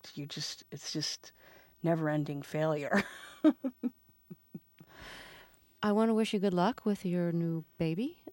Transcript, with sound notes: you just -- it's just never-ending failure. (laughs)
I want to wish you good luck with your new baby.